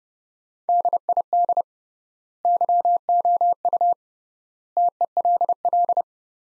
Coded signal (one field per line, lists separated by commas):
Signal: Morse code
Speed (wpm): 30 wpm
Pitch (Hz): 700 Hz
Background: none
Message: DID YOU TELL